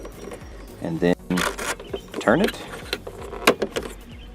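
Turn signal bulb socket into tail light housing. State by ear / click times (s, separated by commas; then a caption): seated / 3.5 s. Someone talks while the turn signal bulb socket of a 2016–2020 Honda Civic rear tail light is put back into the tail light housing at its removal angle and twisted until it locks. Small plastic ticks and rattles lead up to a sharp click at 3.5 s as the socket seats in the housing.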